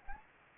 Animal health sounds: mosquito wingbeat signal from an infrared sensor; Anopheles arabiensis

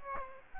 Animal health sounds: mosquito wingbeat signal from an infrared sensor; Aedes aegypti

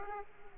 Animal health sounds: mosquito wingbeat signal from an infrared sensor; Aedes aegypti

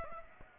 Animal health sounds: mosquito wingbeat signal from an infrared sensor; Aedes aegypti

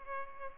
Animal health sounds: mosquito wingbeat signal from an infrared sensor; Culex pipiens

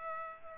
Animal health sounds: mosquito wingbeat signal from an infrared sensor; Culex pipiens

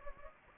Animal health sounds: mosquito wingbeat signal from an infrared sensor; Anopheles gambiae

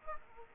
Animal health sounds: mosquito wingbeat signal from an infrared sensor; Aedes aegypti

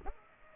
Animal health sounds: mosquito wingbeat signal from an infrared sensor; Culex pipiens

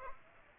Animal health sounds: mosquito wingbeat signal from an infrared sensor; Aedes aegypti

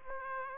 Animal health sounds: mosquito wingbeat signal from an infrared sensor; Aedes aegypti

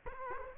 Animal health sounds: mosquito wingbeat signal from an infrared sensor; Culex quinquefasciatus

